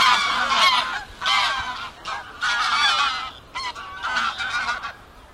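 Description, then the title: Goose: geese giving loud, harsh honks in overlapping bouts of about a second each, with brief pauses between the bursts. Gaggles of geese in fields by the River Thame, England, UK, morning of 23 September 2023, excited by the amount of water across the flooded meadows. "Gaggles of geese, River Thame, England, UK on 23rd September 2023 – by Paul Ridout"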